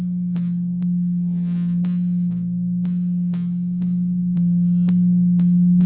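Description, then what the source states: Blue whale moan: a constant low tone with a short lower note midway, plus clicks repeating around every half second. Recorded in the Atlantic.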